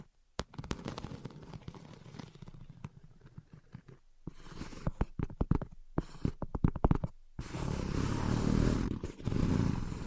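Invisible tapping and scratching: quick, sharp taps come in irregular bursts, sparse at first and then tightly clustered between about four and seven seconds. After a brief silence near seven seconds, a dense, steady scratching rasp fills the last three seconds.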